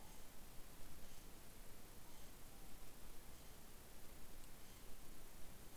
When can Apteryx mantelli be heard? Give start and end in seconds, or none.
none